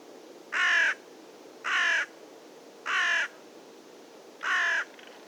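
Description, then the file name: Carrion crow giving four harsh, hoarse caws with pauses of about a second between them, over a quiet background. "Corvus corone"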